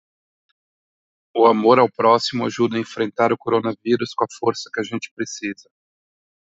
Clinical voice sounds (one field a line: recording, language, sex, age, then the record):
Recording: spoken sentence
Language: Brazilian Portuguese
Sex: male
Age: 30 to 39 years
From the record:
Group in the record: control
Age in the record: 34 years